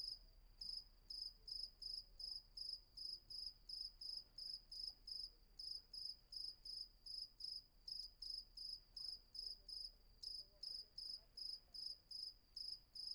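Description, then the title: Cricket chirps, high and pulsing, repeated steadily nearly three times a second throughout, quiet background. Night ambience at Vagia on Patmos, Greece; recorded with a Fostex FR-2 and MKH800 microphone. "Patmos, Vagia, Griechenland - Nachtsimmung 03, Grillen"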